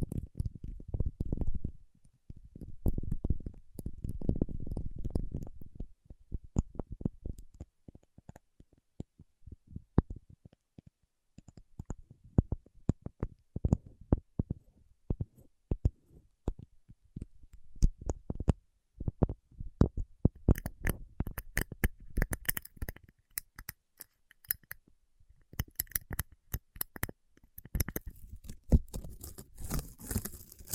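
Paraffin wax peeled, tapped and scratched in dense irregular clicks and crackles, low and thumpy early, turning brighter and scratchier after twenty seconds.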